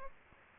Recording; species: mosquito wingbeat signal from an infrared sensor; Aedes aegypti